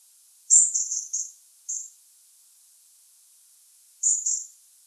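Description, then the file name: European robin giving thin, very high call notes: a quick run of several near the start, one more shortly after, then a close pair about four seconds in; otherwise silent. "Erithacus rubecula"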